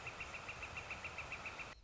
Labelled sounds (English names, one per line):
Northern Flicker